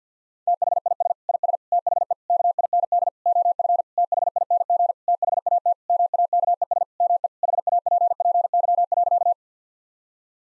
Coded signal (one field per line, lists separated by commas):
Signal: Morse code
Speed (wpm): 50 wpm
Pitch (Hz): 700 Hz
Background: none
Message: THIS IS THE KIND OF THING THAT MAKES ME HAPPY.